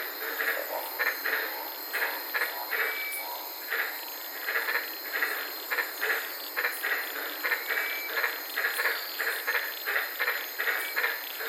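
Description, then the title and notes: Dense chorus of white-lipped tree frogs, repeated grating notes in steady clusters, occasional thin rising whistles, high insect drone in the background. White-lipped frogs at night in the Daintree rainforest, Queensland, heard from inside a car. "White Lipped Frog Podcast. I was sitting in my car in the Daintree rainforest in Queensland this night and fell asleep listening to these amazing White lipped frogs"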